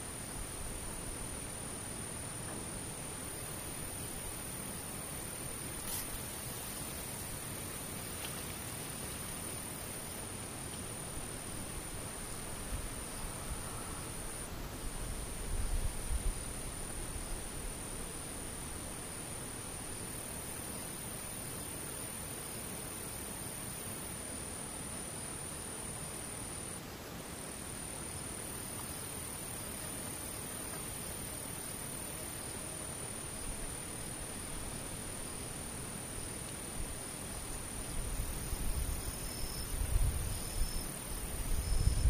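A near-silent scene with insects far off, heard as a thin, steady high whine that runs almost unbroken, dropping out briefly around 15 and 27 seconds. A soft even hiss fills the rest, with faint low rumbles near 15 and 40 seconds.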